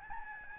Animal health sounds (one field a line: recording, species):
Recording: mosquito wingbeat signal from an infrared sensor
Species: Aedes albopictus